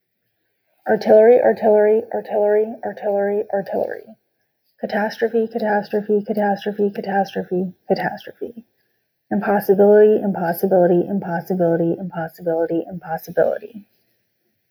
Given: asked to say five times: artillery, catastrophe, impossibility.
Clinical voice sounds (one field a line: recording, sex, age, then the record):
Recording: three words, each repeated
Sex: female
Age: 20 to 29 years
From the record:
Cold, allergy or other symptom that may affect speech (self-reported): no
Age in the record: 28 years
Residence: New Jersey, United States